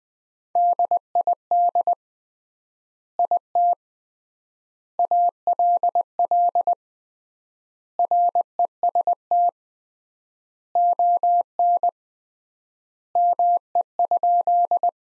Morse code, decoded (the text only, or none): DID IT ALL REST ON ME?